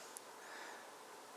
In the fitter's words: connect until you hear a click and can no longer pull the wires apart